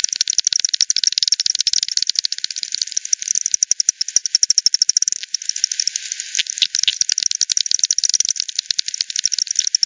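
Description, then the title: Bat echolocation pulses as a continuous rattle of quick clicks, several trains overlapping, ending in crisp, regular ticks. Several bats at Hogsmill River, Hogsmill Lane, 7 October 2020, 18:10; bat detector recording, frequency-divided by 10, band-pass filtered and resampled. "WW bat 20201007 T 18 : 10 Z-Hogsmill-Lane-Hogsmill-River-multiple-bats"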